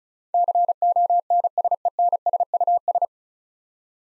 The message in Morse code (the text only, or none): CONSENSUS